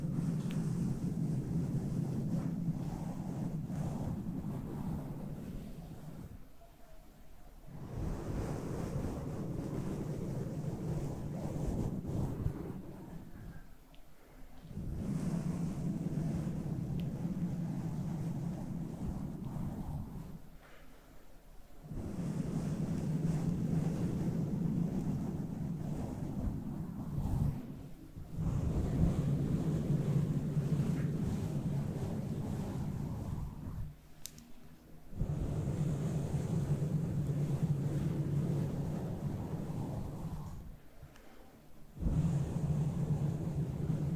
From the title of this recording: Brushing your hair (pov, whisper, fluffy mic brushing)